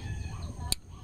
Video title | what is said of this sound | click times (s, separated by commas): DIY IGNITION COIL SOCKET REPLACEMENT FOR TOYOTA VIOS - PAANO MAGPALIT NG SIRANG IGNITION COIL SOCKET | lumalagitik na. May lock na ulit yung ating ignition coil. | 0.7 s